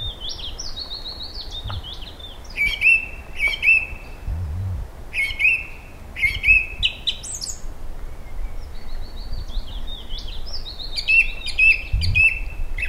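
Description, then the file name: Eurasian blackbird song: mellow fluted phrases, each ending in high, squeaky twittering flourishes, repeated every couple of seconds with brief pauses and faint low thuds between. "Koltrast"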